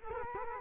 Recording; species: mosquito wingbeat signal from an infrared sensor; Culex quinquefasciatus